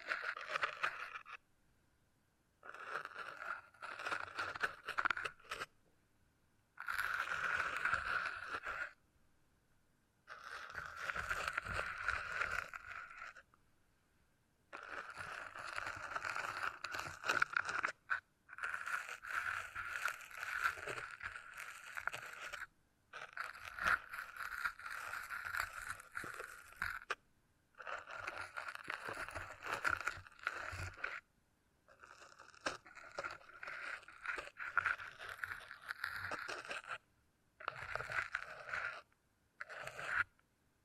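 Beeswax being handled, worked in short bursts of crinkly, scraping friction that start and stop every few seconds with silent gaps between. Each burst is dense and grainy, centered in the mid to upper range, with a slightly squeaky, sticky texture.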